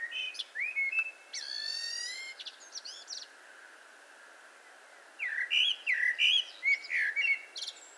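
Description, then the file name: Eurasian blackbird, song: fluted notes lead into a thin high squeaky series, a quiet gap, then a full mellow warbled phrase with twittering ends. "Turdus merula"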